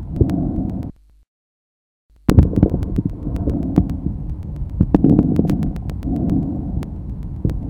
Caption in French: Le souffle tubaire. Ressemble au bruit trachéobronchique, mais il est entendu en périphérie du poumon. Notez sur cet enregistrement la présence de crépitants inspiratoires.